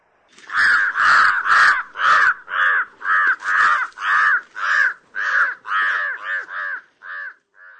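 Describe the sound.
Jungle crow giving a rapid run of many harsh, hoarse caws, evenly spaced at first, then shorter and fading toward the end; no other sounds.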